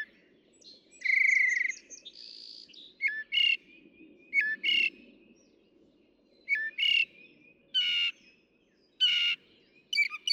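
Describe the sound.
Northern mockingbird song: a varied mix of buzzy notes and short harsh repeated phrases with pauses between, over faint low background noise.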